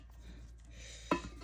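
A new rubber snap-in valve stem is pushed through a wheel rim's valve hole and levered with a screw-on install tool. Over a low background hum, a sharp pop at 1.1 s marks the stem seating in the rim hole.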